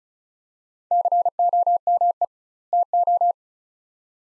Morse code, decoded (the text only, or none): COME TO